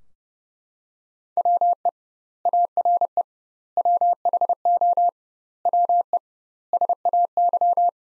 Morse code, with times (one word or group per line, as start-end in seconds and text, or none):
1.4-1.9 WE
2.5-3.2 ARE
3.8-5.1 WHO
5.7-6.2 WE
6.7-7.9 SAY